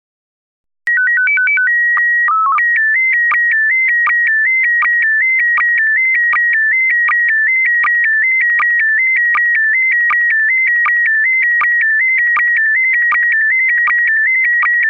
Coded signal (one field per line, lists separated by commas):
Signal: SSTV (slow-scan television)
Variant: PD 180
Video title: Slow Scan Radio, Ep. 11, October 17, 2018